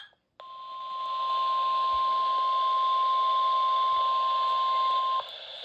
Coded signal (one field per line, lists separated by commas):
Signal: Emergency Alert System (SAME) tones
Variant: 1050 Hz attention tone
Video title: EAS Alerts From 12/29/24: A Compilation (EAS 426-454)